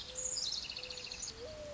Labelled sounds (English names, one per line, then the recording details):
Mourning Dove
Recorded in Sonoma County, California